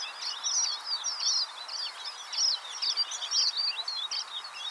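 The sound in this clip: Red avadavat song, a dense run of high, thin twittering and chirping notes overlapping without pause.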